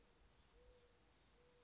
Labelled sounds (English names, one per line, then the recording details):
Mourning Dove
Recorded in Sonoma County, California